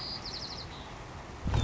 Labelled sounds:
White-crowned Sparrow
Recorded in Sonoma County, California

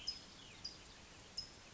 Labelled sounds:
California Towhee
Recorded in Sonoma County, California

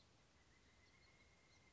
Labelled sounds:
Pileated Woodpecker
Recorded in Sonoma County, California

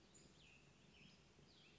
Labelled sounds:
Cassin's Vireo
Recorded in Sonoma County, California

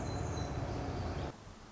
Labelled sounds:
Song Sparrow
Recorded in Sonoma County, California

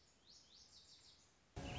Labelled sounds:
Lazuli Bunting
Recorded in Sonoma County, California

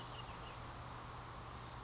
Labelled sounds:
Chestnut-backed Chickadee
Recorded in Sonoma County, California

